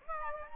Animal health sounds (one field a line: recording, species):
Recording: mosquito wingbeat signal from an infrared sensor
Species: Aedes albopictus